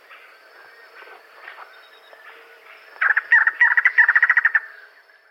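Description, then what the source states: Bananal antbird song: a rapid run of about a dozen short clipped notes at mid pitch, loud for about a second and a half, preceded by faint scattered chatter. South America.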